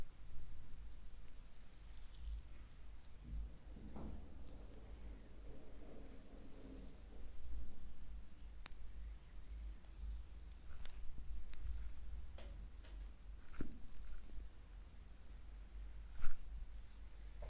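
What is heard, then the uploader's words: A deep foot massage, heard as soft rubbing and kneading sounds over a constant low rumble. Fuller stretches of rubbing come around three to eight seconds and again near fourteen. Sharp little taps and skin squeaks pop up irregularly, the loudest near sixteen seconds. ASMR relaxing deep foot massage.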